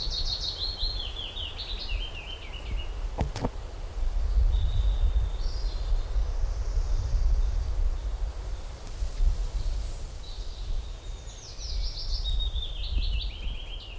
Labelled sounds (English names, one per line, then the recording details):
Willow Warbler song
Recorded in the wild
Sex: male
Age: adult
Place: Bötzow - Krämer, Brandenburg, DE
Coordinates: 52.6736, 13.0725
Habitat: spruce forest
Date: 1997-05-18 16:33
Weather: sunny, 27°C, partly light winds
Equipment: Sony MD-WM MZ-R3, Sennheiser MKH 416 T, Kopie Uher 4000 Report Monitor
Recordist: Tembrock, Günter